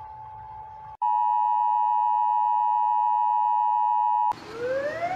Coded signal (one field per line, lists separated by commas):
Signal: Emergency Alert System (SAME) tones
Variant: 853 and 960 Hz attention tone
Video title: Rating EAS Alarms From Around The World